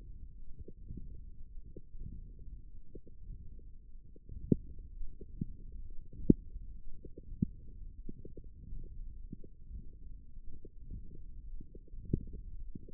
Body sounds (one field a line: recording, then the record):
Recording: forearm muscle sounds (acoustic myography)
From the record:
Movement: hook grip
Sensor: system 1, eight BSWA MPA416 microphones around the upper forearm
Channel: 2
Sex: female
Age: 22 years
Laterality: right